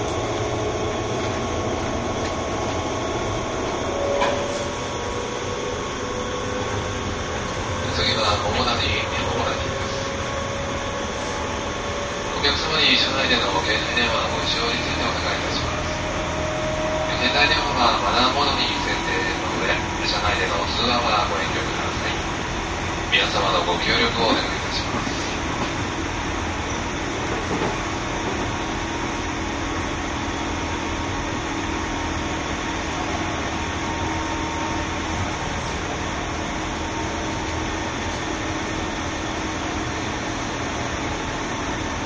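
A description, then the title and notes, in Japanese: A JR 201 series train runs with a steady low rumble throughout. A faint tone rises and falls early on, and bursts of clattering and squealing come in clusters between about 8 and 25 seconds. After that the ride settles into an even, quieter hum. JR201系 桃谷〜桃谷。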